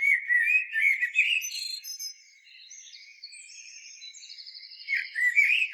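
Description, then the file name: Common blackbird song: low fluty warbles at the start and end, with thin, buzzy high trilled notes in the quieter middle stretch. "Turdus merula"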